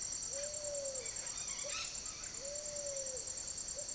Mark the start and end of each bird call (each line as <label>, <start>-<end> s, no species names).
bird call, 0.00-3.94 s